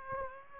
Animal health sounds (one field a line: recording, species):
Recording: mosquito wingbeat signal from an infrared sensor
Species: Aedes aegypti